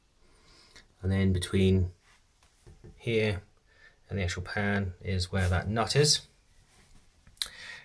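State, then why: Seated. A plastic SIAMP Optima 49 flush valve unit is pushed down and twisted into its cradle in the toilet cistern while someone talks. A sharp click at 7.4 seconds marks the valve locking into place, seated.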